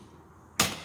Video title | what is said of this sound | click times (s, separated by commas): Inspection d'un avion léger avant le vol (la visite prévol) - Piper PA28 - F-GJEN - VF | ici et la porte s'ouvre jusqu'au petit clic | 0.6 s